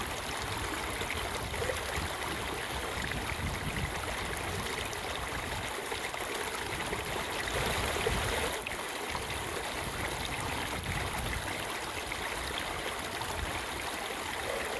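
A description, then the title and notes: A river rushes steadily past, a dense, unbroken wash of running water that fills the whole range from low churning rumble to bright hiss. The level stays nearly constant for the full length, swelling slightly around the middle, with no distinct events standing out. Rushing river. Sounds of running water.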